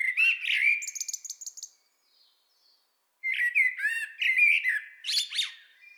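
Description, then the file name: Common blackbird song: a low fluted warble ending in thin high twitters, a pause, then a longer run of mellow whistles and squeaky chatter. "Turdus merula"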